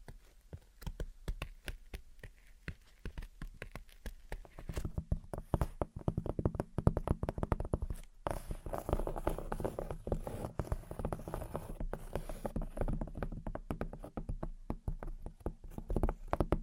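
Gentle tapping and scratching: quick, irregular taps come in clusters for the first five seconds, then the sound fills out into a denser, steady run of soft taps and rustling scratches with a low hum underneath. A brief pause falls near eight seconds before the tapping resumes.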